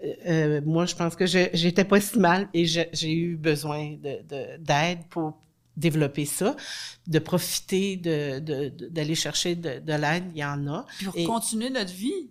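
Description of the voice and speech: Halting French speech from an adult woman, with repeated 'de' fillers, restarts and pauses between word attempts, typical of aphasia after a stroke.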